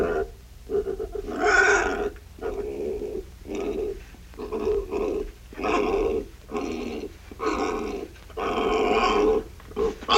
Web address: pigs